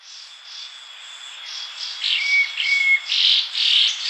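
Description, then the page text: Ferruginous babbler calls, a run of harsh chattering notes with short thin whistles, building louder toward the end; a steady high insect-like whine runs throughout. "Ferruginous Babbler Calls. Quick Sounds"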